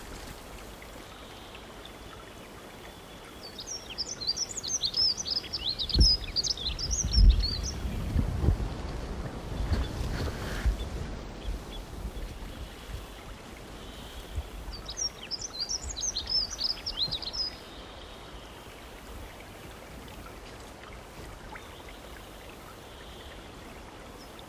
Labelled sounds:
Dunnock (Prunella modularis) song
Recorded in the wild
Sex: male
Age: adult
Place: Halbinsel Kindo, Karelien, RU
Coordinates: 66.5522, 33.1006
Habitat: taiga
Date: 1996-06-21
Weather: sunny, 12-15°C
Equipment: Sony WM-D6C, Sennheiser MKH 70, Popschutz
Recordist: Frommolt, Karl-Heinz

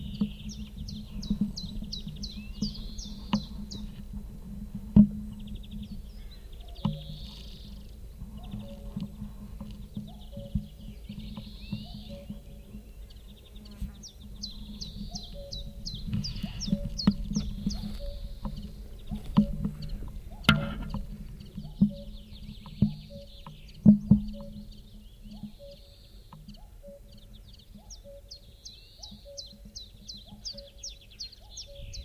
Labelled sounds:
Common Chiffchaff (Phylloscopus collybita) song
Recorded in the wild
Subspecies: collybita
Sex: male
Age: adult
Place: Ramsau, Bayern, DE
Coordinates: 47.625, 12.825
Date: 1964-05-30
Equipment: LGS26
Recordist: Faber, A. and Stumbrat

